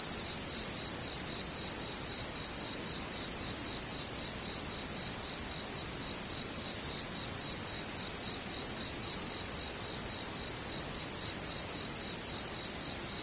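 Insects trill without pause, a steady high-pitched chirring with a fainter upper whine above it and a soft low rumble underneath.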